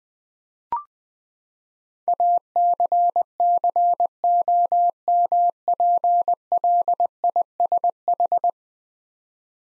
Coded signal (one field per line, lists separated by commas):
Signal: Morse code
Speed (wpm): 21 wpm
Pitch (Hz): 700 Hz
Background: none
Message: ACCOMPLISH